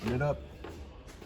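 A reset access cover on an RV appliance panel in a 2021 Avenger 16RD is being handled while someone talks. A brief soft tap is heard at about 0.6 s, but nothing has seated or clicked yet; the cover has not snapped back into place.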